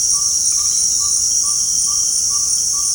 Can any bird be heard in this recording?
yes